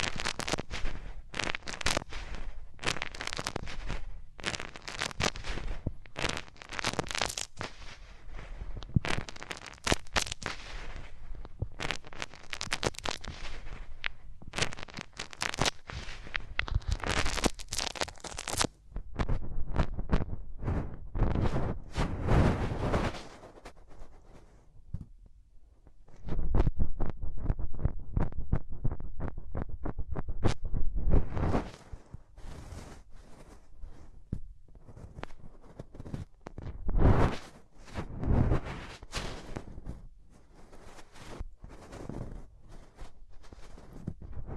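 Hands rub over the ears in dense, scratchy bursts of friction, bright and crackling through the first eighteen seconds. A quieter, sparser stretch follows, then a loud, steady rush of rubbing from about 26 to 31 seconds, with scattered rustles and taps to the end.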